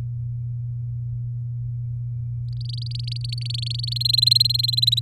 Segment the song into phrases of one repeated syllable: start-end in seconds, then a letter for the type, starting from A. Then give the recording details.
2.61-3.98 A, 4.00-5.00 B. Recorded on 7 May 2018 at 16:33. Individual llb16